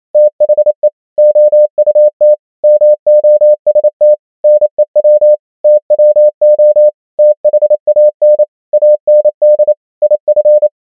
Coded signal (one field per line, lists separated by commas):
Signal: Morse code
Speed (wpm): 28 wpm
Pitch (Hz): 600 Hz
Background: none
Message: THE OUT MOST NEW TWO THAN AND IF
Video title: morse code practice | 28wpm | 100 most common words | ENGLISH